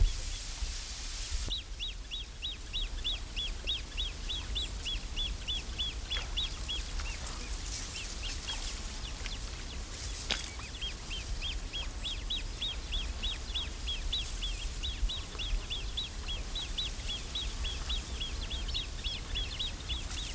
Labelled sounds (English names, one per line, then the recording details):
Eurasian Coot call
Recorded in the wild
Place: Mühlenbecker See, Brandenburg, DE
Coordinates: 52.27, 13.01
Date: 1995-07-29 19:00
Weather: heiter, 24°C
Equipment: Sony WM-D6C, Sennheiser ME 80, Kopie Uher 4000 Report Monitor
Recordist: Tembrock, Günter